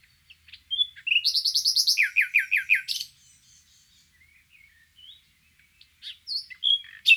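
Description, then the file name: Common nightingale song: loud fast trills of rapid repeated notes, then quieter pauses with scattered whistled phrases and clicks at the end. "Luscinia megarhynchos"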